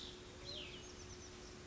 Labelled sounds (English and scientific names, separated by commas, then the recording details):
Oak Titmouse (Baeolophus inornatus)
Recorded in Sonoma County, California